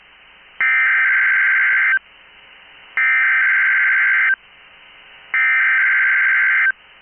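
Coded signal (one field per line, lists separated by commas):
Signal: Emergency Alert System (SAME) tones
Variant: header bursts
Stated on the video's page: Required weekly test on NOAA Weather Radio station KEC73.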